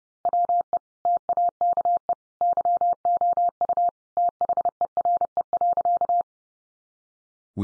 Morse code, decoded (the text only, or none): WE TAKE YOU THERE.